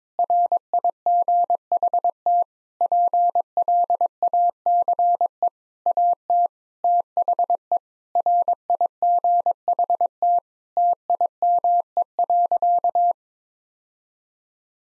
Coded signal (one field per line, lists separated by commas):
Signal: Morse code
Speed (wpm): 22 wpm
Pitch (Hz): 700 Hz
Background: none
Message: RIGHT PLACE AT THE RIGHT TIME.